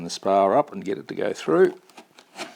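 A foam wing half of a Volantex Ranger 1600 RC plane is lined up with its joining metal spar, which is guided toward a square metal channel, while someone talks over faint handling sounds. The clip ends before the wing goes home, so nothing has seated or clicked yet.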